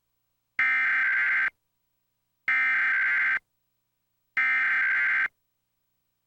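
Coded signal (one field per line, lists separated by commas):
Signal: Emergency Alert System (SAME) tones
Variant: header bursts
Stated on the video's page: Comcast cable Required Monthly Test, personally recorded.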